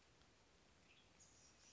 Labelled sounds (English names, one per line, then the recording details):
Western Tanager
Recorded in Sonoma County, California